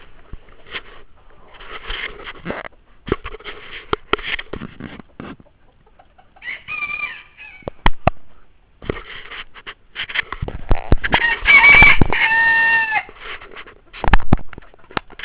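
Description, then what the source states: Chicken clucks and scratchy rustling throughout, with short harmonic calls and a louder, drawn-out harmonic call near the end. Several chickens and a rooster heard in the background.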